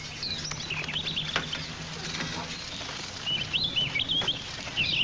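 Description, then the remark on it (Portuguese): A small bird being released chirps in quick, high, thin trills that come in bursts, over a low steady hum and some soft fluttering rustles. “Vai, passarinho. Você, como as crianças, também tem o direito à liberdade.”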